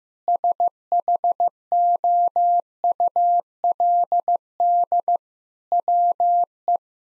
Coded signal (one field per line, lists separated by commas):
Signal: Morse code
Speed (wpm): 15 wpm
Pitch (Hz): 700 Hz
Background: none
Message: SHOULD WE